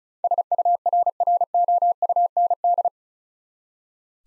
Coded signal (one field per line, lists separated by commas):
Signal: Morse code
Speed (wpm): 34 wpm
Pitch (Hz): 700 Hz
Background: none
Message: SURROUND